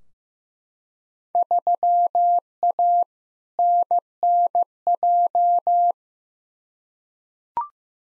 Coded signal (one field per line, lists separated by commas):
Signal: Morse code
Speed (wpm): 15 wpm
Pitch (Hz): 700 Hz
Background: none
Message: 3A NNJ